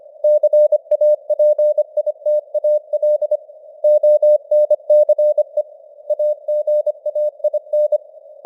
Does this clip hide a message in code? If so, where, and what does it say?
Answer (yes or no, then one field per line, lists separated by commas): yes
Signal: Morse code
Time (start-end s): 0.2-8.0 s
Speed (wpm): 25 wpm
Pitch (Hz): 600 Hz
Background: none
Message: CAPITAL ONCE AGAIN